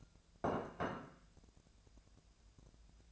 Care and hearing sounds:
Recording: daily activity, microphone in the room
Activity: place plate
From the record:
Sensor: 2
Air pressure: 1000.0 hPa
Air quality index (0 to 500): 131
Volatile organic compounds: 2 ppm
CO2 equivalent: 1120 ppm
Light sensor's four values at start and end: 24/60/26/28 and 24/61/26/28

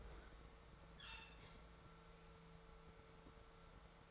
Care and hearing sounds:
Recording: daily activity, microphone in the room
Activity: open fridge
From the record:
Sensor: 3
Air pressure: 1014.9 hPa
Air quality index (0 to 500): 201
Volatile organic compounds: 29 ppm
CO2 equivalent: 2942 ppm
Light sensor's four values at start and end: 38/94/40/43 and 38/94/40/43

